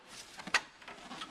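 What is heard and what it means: A Land Rover Freelander 2 (LR2) headlamp unit, fitted with front headlight guards, is slid back into the vehicle's front end top first until it self-docks on its locating points. A sharp knock at 0.6 s marks it seating, amid faint rubbing and handling sounds. The headlamp is confirmed docked.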